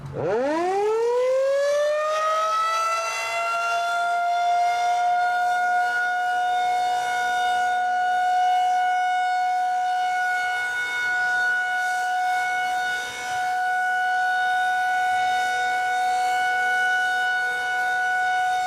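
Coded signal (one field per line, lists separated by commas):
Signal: siren signal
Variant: Federal Signal 2001-130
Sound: siren winds up from a low growl to one loud, steady, unwavering wail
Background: outdoor ambience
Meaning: A steady siren tone is the Alert signal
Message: 1 long steady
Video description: Today, however, the county sent out the tones for alert first, and after two minutes toned out the 2 minute attack cycle.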